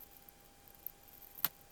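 The second end of drip irrigation tubing is pushed into a plastic push-fit connector the same way as the first. A sharp broadband click at 1.4 s shows the tubing end seating in the fitting, and it is confirmed as seated.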